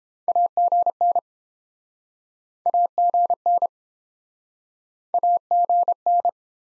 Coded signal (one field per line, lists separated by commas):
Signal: Morse code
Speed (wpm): 31 wpm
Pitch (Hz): 700 Hz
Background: none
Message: AGN AGN AGN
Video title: Top 20 QSO Elements - Speed-Racing - 22wpm